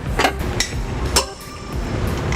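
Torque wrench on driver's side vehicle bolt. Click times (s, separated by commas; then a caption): 0.6 s. A torque wrench set to 100 foot-pounds tightens the driver's side bolt on a vehicle until it gives its final click at 0.6 s. Other short metallic ticks sound around 0.2 s and 1.2 s over a steady low rumble. The driver's side bolt reaches its 100 foot-pound torque with that last click.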